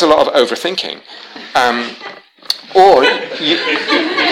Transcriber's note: laughter